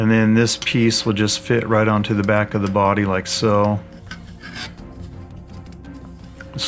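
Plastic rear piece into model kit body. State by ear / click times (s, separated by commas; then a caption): seated / 6.4 s. A painted styrene rear piece for a Bandai 1/48 scale Snowspeeder model kit is pressed onto the back of the main body while someone talks over faint music. After the talking stops, soft rubbing and small plastic contact sounds lead to a sharp click at 6.4 s as the piece snaps into place and seats.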